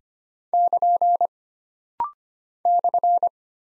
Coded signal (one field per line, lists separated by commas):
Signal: Morse code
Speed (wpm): 25 wpm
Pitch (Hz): 700 Hz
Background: none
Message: <KN> /